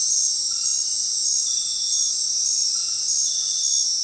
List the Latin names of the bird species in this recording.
none